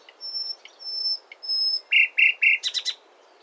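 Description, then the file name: Common nightingale song opening with three long, pure, high whistles, then a few loud clipped notes and a quick chattering flourish. "Luscinia megarhynchos"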